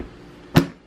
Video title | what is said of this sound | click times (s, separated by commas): NEW Tim Holtz Stamp Platform - Unboxing, First Impressions, Demo | and then you're gonna go straight up and down and you're just gonna lock it in. You should hear a click | 0.6 s